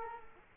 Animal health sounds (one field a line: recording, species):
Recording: mosquito wingbeat signal from an infrared sensor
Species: Culex quinquefasciatus